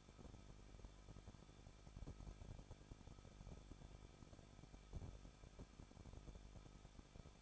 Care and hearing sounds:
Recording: daily activity, microphone in the room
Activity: no activity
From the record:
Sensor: 5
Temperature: 20.8 degrees Celsius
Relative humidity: 38.3%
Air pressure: 1006.4 hPa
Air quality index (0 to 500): 188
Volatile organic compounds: 19 ppm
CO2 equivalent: 2645 ppm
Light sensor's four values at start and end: 2/3/1/1 and 2/3/1/1

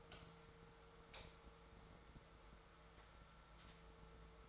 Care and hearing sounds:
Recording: daily activity, microphone in the room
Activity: light on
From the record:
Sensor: 3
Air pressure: 1014.5 hPa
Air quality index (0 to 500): 181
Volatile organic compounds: 18 ppm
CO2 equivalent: 2638 ppm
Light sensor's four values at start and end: 26/64/27/29 and 32/82/35/36

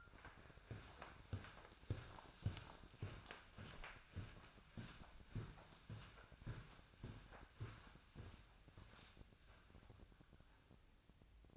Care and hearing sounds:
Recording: daily activity, microphone in the room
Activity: walk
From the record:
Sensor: 2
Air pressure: 1009.2 hPa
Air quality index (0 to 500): 179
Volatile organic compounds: 2 ppm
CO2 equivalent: 1306 ppm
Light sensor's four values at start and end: 48/125/54/59 and 47/121/52/57

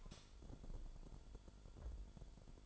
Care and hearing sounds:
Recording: daily activity, microphone in the room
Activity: light on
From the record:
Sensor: 5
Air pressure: 1008.0 hPa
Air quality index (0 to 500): 105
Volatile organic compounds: 1 ppm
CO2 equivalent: 818 ppm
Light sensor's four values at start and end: 30/69/28/27 and 30/70/28/27

